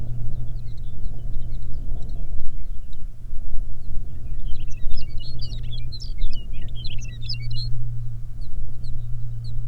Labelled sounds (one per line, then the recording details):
songbird
wind
aircraft
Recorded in the Arctic National Wildlife Refuge, Alaska, on 20 May 2019 at 11:59
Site 38